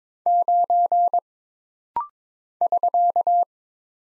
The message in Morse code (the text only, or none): 9 <SK>